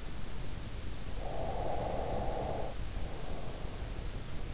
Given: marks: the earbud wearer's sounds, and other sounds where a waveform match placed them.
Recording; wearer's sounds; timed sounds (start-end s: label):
sounds in sleep by an in-ear microphone; breath
1.10-4.07 s: breath